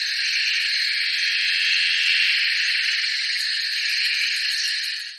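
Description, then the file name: Frogs: continuous frog chorus of many overlapping high trills forming an even, buzzing shimmer that fades out at the very end. Distant frogs by a forest lake at night in subtropical Australia. "zapsplat animals insects frogs"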